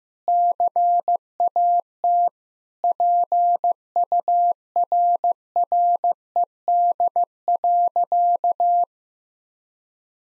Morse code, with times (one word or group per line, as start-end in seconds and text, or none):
0.3-2.3 CAT
2.8-8.8 PURRED.